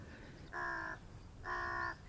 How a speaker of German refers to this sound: Schauen Sie die beiden Raben dort. Sieht der Linke nicht aus wie Tante Winifred?